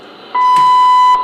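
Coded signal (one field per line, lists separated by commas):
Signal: radio time signal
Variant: WWV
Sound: a single clear steady tone lasting under a second, with a faint click midway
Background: radio static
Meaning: A 0.8-second 1000 Hz tone marks the start of a minute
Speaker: i'll probably get wwv here actually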